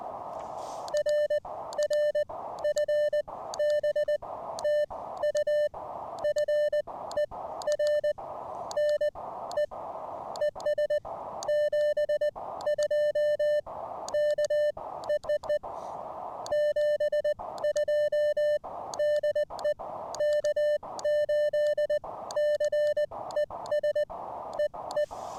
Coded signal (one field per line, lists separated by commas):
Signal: Morse code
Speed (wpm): 20 wpm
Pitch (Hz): 600 Hz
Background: music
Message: RR FB TU FER NE ES 72 K EEE 72 DE K8CES EE